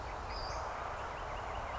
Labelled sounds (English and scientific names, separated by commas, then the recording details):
Western Flycatcher (Empidonax difficilis)
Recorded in Sonoma County, California